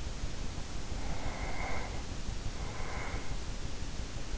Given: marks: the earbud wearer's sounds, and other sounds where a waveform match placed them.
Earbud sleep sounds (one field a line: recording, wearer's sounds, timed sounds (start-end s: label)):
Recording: sounds in sleep by an in-ear microphone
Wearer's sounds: breath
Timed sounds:
0.90-3.50 s: breath